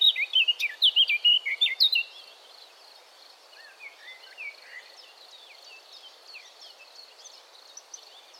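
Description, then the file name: Eurasian blackcap song, opening with a loud, fast burst of bright warbled notes for two seconds, then softer scattered twittering phrases over a thin, steady high background tone. "Sylvia atricapilla"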